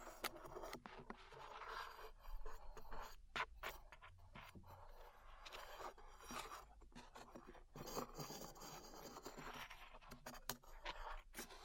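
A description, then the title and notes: Glue being peeled produces continuous sticky crackling and scraping, dense and uneven, with sharp clicks and brief pops scattered throughout the twelve seconds. ASMR Peeling Glue Off Your Ears (No Talking).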